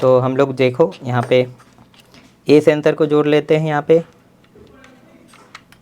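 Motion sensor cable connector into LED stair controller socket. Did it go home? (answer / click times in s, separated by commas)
yes / 5.6 s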